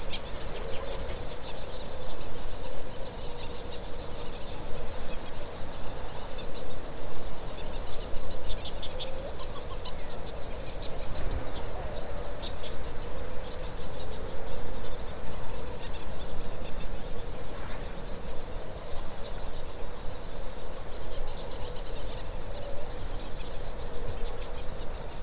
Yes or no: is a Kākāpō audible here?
no